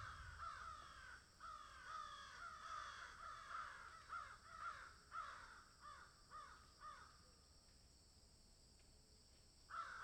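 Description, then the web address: Crow giving a long series of hoarse, downslurred caws, roughly two a second, fading to quiet before a final caw. "ворона"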